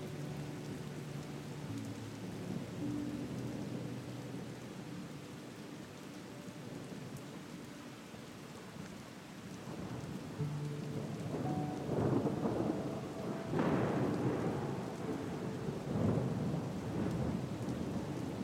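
Soft, sustained music tones hold low and steady beneath a constant hiss of rain. Thunder rolls in as deep rumbles, swelling louder from around ten seconds on, with the heaviest bursts near twelve and fourteen seconds before settling into a dense, continuing roar.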